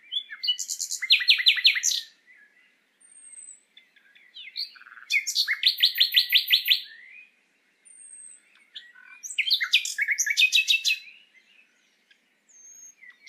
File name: Luscinia megarhynchos